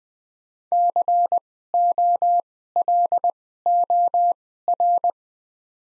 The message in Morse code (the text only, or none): COLOR